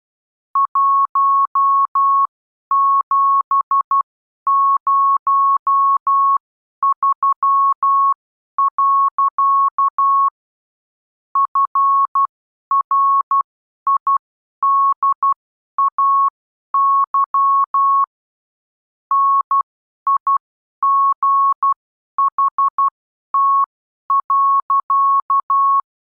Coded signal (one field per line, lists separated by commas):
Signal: Morse code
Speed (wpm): 12 wpm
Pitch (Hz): 1100 Hz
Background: none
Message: 1703. FRIDAY NIGHT.